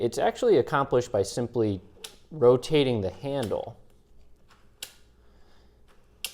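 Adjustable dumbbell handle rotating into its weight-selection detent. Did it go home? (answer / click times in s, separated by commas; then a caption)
yes / 4.8 s, 6.2 s. Someone talks, then rotates the handle of a Flybird 55 lb adjustable dumbbell to select the weight. The handle locks into its weight position with sharp, short clicks at 4.8 s and 6.3 s, and it seats smoothly.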